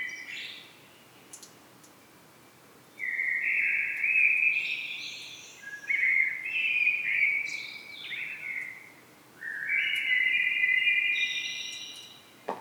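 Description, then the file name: Common blackbird giving a run of fluty, warbling phrases with short gaps. Several end in thin, high twittery notes. "Turdus merula"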